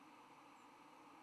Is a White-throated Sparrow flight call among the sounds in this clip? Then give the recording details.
no. Another species' flight call is heard. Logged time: 07:10 on 10 November 2014